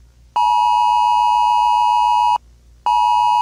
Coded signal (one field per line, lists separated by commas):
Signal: Emergency Alert System (SAME) tones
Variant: 853 and 960 Hz attention tone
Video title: EAS Scenario - Collision Course